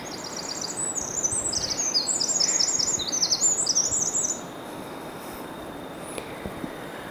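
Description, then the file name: Eurasian wren song: a rapid, high-pitched run of sharp notes and trills lasting about four seconds, then quiet with a faint hiss of background noise. "Troglodytes troglodytes"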